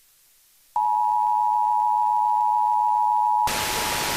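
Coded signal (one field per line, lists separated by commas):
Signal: Emergency Alert System (SAME) tones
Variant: 853 and 960 Hz attention tone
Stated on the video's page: National test received from FM broadcast stations in the Springfield and Hartford area, recorded via baseband file.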